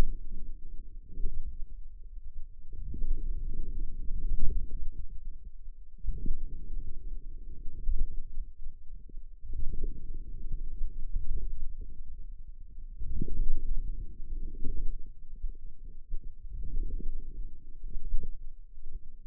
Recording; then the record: forearm muscle sounds (acoustic myography)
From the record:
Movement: outward rotation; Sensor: system 2, bracelet of six BSWA MPA416 microphones around the upper forearm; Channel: 6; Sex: female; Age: 21 years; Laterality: right